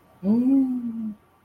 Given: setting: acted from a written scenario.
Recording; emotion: vocal sound without words; serenity